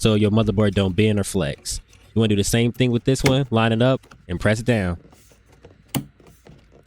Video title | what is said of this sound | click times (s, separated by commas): Install DDR5 RAM to Upgrade Your PC in Just 5 Minutes! | Once you hear those clicks, you're all good. | 5.9 s